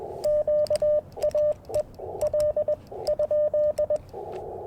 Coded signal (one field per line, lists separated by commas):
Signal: Morse code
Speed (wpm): 21 wpm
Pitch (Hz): 600 Hz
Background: radio noise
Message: Q A E L ?